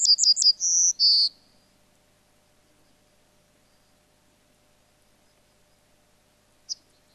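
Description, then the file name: Yellowhammer song ending: a few rapid high repeated notes followed by two longer sustained notes, the last one lower, then quiet with one faint short note later. "emberiza citrinella"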